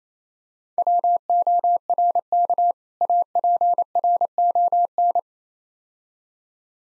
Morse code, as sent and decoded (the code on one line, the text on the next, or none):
.-- --- .-. -.- / .- .--. .-. --- -.
WORK APRON